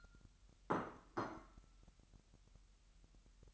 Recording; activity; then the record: daily activity, microphone in the room; place plate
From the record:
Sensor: 3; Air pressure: 1002.0 hPa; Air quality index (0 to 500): 246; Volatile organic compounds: 50 ppm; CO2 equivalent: 3299 ppm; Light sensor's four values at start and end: 12/37/16/13 and 12/37/16/13